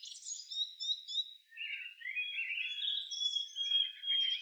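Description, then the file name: Common nightingale song: a short series of high, thin repeated whistles, a pause, then a longer, fuller warbled phrase with sustained whistled tones. "Luscinia megarhynchos"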